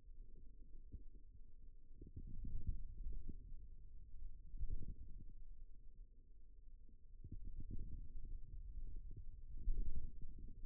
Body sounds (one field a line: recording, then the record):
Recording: forearm muscle sounds (acoustic myography)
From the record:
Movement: ulnar deviation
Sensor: system 2, bracelet of six BSWA MPA416 microphones around the upper forearm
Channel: 1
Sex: male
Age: 22 years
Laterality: right